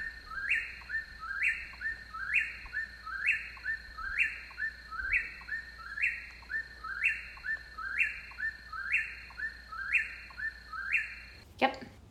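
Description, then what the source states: Eastern Whip-poor-will song: a three-part whistled phrase repeated steadily about once a second, monotonous and unbroken, ending with a brief noise. Monotonous song that just keeps going; heard in southern Missouri in June.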